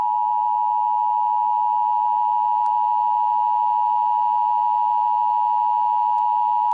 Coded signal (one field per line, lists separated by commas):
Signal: Emergency Alert System (SAME) tones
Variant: 853 and 960 Hz attention tone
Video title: EAS in Movies: "Die Hard"